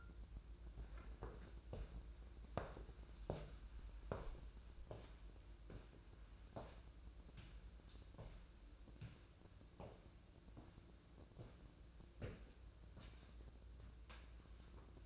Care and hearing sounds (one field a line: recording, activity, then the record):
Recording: daily activity, microphone in the room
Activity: walk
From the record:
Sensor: 2